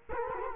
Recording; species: mosquito wingbeat signal from an infrared sensor; Culex quinquefasciatus